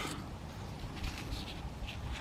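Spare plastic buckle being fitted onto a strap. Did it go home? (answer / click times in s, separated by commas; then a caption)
no / none. A spare plastic field-replacement buckle is fitted onto the webbing strap of outdoor gear, with one part of the buckle lifted up and lined up before being pushed down. Only low rumbling handling noise and faint rustles are heard, with no sharp transients. Nothing has snapped or clicked into place yet.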